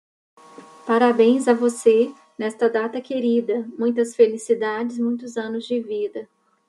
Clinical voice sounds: short text; Brazilian Portuguese; female; 20 to 29 years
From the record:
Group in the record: control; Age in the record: 29 years

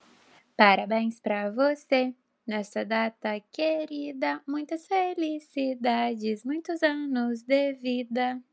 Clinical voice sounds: short text; Brazilian Portuguese; female; 20 to 29 years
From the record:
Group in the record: control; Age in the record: 23 years

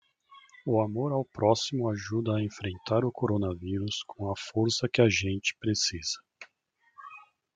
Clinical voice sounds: spoken sentence; Brazilian Portuguese; male; 40 to 49 years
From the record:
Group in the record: control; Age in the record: 47 years

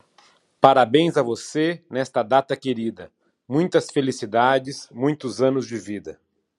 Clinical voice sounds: short text; Brazilian Portuguese; male; 50 to 59 years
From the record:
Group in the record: control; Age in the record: 52 years

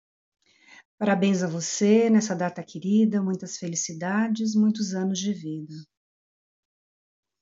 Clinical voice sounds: short text; Brazilian Portuguese; female; 50 to 59 years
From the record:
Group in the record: control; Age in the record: 54 years

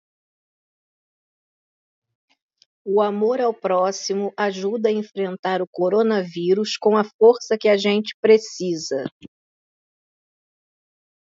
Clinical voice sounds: spoken sentence; Brazilian Portuguese; female; 50 to 59 years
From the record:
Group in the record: control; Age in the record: 54 years

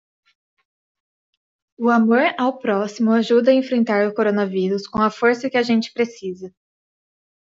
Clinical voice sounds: spoken sentence; Brazilian Portuguese; female; 20 to 29 years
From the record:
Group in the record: control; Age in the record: 29 years

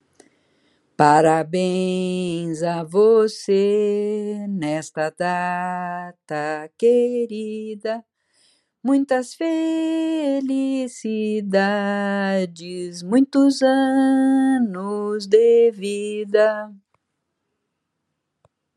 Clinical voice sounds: short text; Brazilian Portuguese; female; 70 to 79 years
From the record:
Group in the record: control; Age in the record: 71 years

